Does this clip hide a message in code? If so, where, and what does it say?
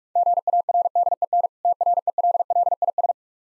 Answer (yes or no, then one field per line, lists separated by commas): yes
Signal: Morse code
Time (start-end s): 0.2-3.1 s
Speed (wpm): 45 wpm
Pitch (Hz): 700 Hz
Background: none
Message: GARDEN TRELLIS